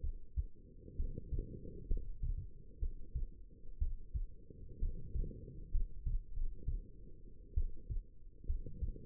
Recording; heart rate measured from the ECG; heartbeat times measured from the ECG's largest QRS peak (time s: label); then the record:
heart sounds by stethoscope; 64 bpm
0.01 s: heartbeat
0.96 s: heartbeat
1.87 s: heartbeat
2.79 s: heartbeat
3.78 s: heartbeat
4.79 s: heartbeat
5.71 s: heartbeat
6.33 s: heartbeat
7.54 s: heartbeat
8.46 s: heartbeat
From the record:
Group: healthy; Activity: rest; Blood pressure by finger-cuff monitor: 107/68 mmHg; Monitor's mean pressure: 79 mmHg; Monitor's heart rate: 65 bpm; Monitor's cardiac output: 5.4 L/min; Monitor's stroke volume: 83 mL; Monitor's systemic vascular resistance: 1080 dyn s/cm5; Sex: female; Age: 22 years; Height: 171 cm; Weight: 65.6 kg